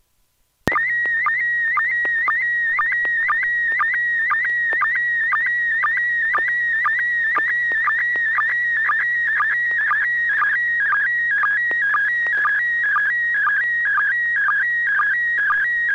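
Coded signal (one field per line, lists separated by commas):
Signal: SSTV (slow-scan television)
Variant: PD 120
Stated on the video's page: SSTV images exchanged on a weekly amateur net via an FM repeater on 441.300 MHz in Sacramento, sent with MMSSTV software.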